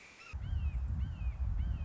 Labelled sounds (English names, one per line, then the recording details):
Red-shouldered Hawk
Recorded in Sonoma County, California